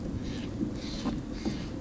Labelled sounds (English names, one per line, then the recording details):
Steller's Jay
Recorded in Sonoma County, California